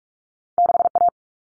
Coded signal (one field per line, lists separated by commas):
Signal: Morse code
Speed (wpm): 44 wpm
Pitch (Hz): 700 Hz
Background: none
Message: 6A